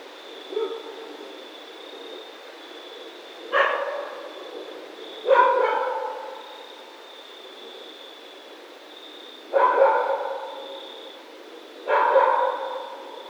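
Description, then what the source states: Raccoon calls: five short harmonic bursts spaced a few seconds apart, each fading, over a constant thin high hum. Recorded 28 October 2010.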